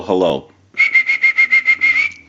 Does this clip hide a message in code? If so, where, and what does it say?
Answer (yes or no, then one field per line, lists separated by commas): no